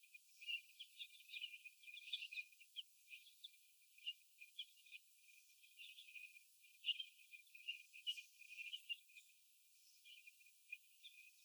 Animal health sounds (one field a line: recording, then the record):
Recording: young laying hens in a cage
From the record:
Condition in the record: after the stressor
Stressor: sudden umbrella opening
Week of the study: 2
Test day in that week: 1